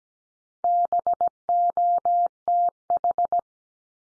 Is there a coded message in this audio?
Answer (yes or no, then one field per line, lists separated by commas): yes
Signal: Morse code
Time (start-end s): 0.6-3.4 s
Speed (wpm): 17 wpm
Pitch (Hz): 700 Hz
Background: none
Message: BOTH